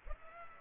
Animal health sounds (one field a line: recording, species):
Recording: mosquito wingbeat signal from an infrared sensor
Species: Culex pipiens